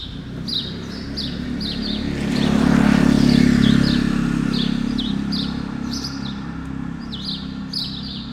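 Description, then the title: Sparrows chirping repeatedly, quick sharp notes several per second, while a car swells past in the middle and traffic hums throughout. Several sparrows on Rue Keyenveld, Ixelles, Brussels, Belgium, an urban street with passing cars; recorded with Lom Usi Pro microphones into a Zoom F6. "Rue Keyenveld, Ixelles, Bruxelles-Capitale, Belgique - Sparrows - moineaux"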